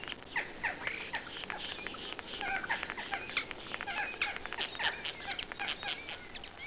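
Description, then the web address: Common starling chatter: dense clicks, squeaks and short whistles packed together over a constant hiss. Recorded in a park. "park voegel star"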